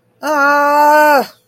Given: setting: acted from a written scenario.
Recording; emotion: vocal sound without words; distress